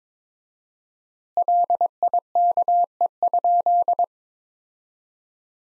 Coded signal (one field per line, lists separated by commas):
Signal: Morse code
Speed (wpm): 21 wpm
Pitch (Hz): 700 Hz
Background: none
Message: LIKE?